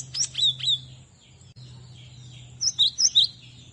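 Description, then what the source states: Cinereous tit song: two short bursts of high, sharp whistles, one at the start and another near the end, with a low hum underneath. Masteran tutoring recording used to train caged birds to sing.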